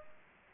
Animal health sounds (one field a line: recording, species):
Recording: mosquito wingbeat signal from an infrared sensor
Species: Aedes aegypti